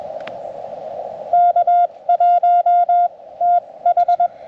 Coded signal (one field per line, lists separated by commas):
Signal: Morse code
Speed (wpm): 21 wpm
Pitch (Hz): 700 Hz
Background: radio noise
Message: K1TH